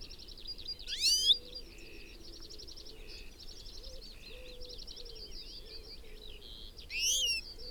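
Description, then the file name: European goldfinch call: two bright, rising twitters about six seconds apart, over continuous softer twittering. "Carduelis carduelis"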